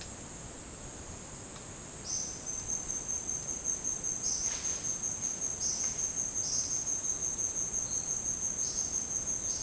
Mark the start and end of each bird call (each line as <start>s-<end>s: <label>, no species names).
1.94s-2.44s: bird call
4.24s-4.90s: bird call
5.48s-6.00s: bird call
6.46s-6.91s: bird call
7.84s-9.62s: bird call